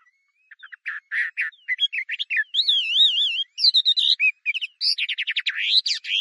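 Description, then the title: Chinese hwamei singing a varied medley of short buzzy notes, a wavering trilled whistle and rapid sweeping phrases, with brief gaps between bursts. "画眉鸟的叫声"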